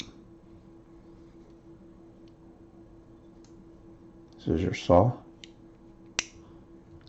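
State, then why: Seated. Someone talks while the saw blade of a folding multi-tool is swung open until its metal lock engages. A sharp click is heard at 6.2 seconds as the blade locks into the handle with no play.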